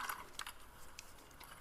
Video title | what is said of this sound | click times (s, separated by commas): How To Remove and Repair Chevy Stereo AUX Input Suburban Tahoe Silverado Sierra HHR | you'll see that it just you can hear it snap into place. | 0.4 s, 1.0 s